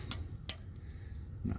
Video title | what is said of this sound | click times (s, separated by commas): 2018 Silverado 2500 L5P Code P0207 #7 injector connector replacement | i heard it click now | 0.1 s, 0.5 s